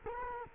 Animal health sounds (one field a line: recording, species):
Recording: mosquito wingbeat signal from an infrared sensor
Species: Culex quinquefasciatus